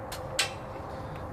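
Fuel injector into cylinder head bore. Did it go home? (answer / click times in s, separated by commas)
yes / 0.4 s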